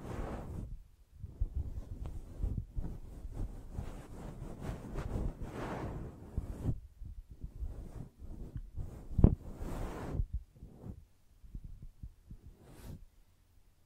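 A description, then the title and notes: Soft, muffled brushing strokes sweep back and forth in uneven bursts, mostly low and dull with occasional brighter bristly rustles. Brief pauses break the strokes near the start and around seven seconds, a sharp tap lands near nine seconds, and the last few seconds thin to sparse light touches. ASMR Gently Brushing Your Brain (No Talking).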